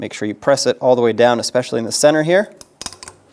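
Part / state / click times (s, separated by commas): anti-rattle clip onto brake pad / seated / 2.8 s, 2.9 s, 3.0 s, 3.1 s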